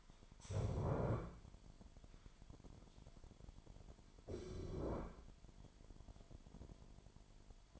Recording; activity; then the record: daily activity, microphone in the room; stand up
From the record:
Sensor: 5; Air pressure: 998.6 hPa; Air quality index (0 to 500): 89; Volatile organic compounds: 2 ppm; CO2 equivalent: 1018 ppm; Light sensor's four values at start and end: 32/78/32/36 and 32/78/32/36